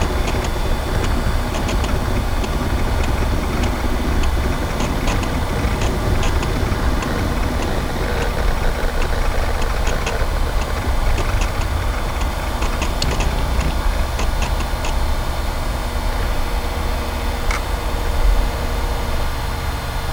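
Vintage computer machinery hums steadily with a dense low rumble, scattered faint ticks and clicks, and an occasional brief sharp tone.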